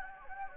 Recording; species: mosquito wingbeat signal from an infrared sensor; Anopheles gambiae